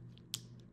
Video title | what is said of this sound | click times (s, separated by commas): The Easiest Way to Floss Under Implant Bridges, Braces & Dental Work - The AutoFlosser® | press down, it'll click into place, you put the tip back on, | 0.3 s